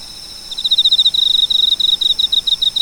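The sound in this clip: Cricket chirping, a rapid high-pitched pulsed trill starting after half a second and repeating in short bursts to the end, steady background hiss.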